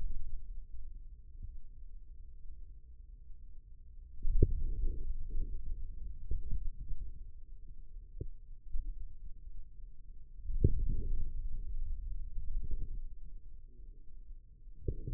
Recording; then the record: forearm muscle sounds (acoustic myography)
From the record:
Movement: hand closing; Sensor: system 2, bracelet of six BSWA MPA416 microphones around the upper forearm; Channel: 4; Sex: male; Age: 22 years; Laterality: right